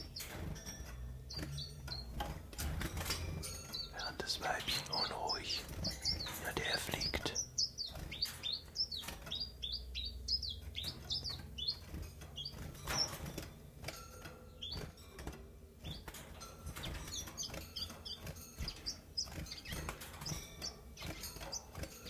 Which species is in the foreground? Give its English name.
Common Chiffchaff